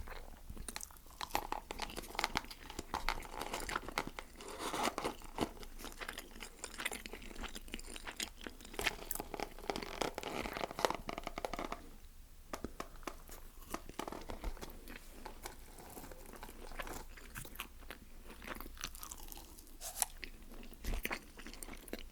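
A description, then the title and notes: Someone eats a Zinger burger and fried snacks, with dense, rapid crunching and chewing that continues through nearly the whole stretch. Sharp bites and crackles come every fraction of a second, easing briefly around twelve seconds before picking up again. ASMR KFC MUKBANG Zinger Burger, BBQ Bites, Snack Box.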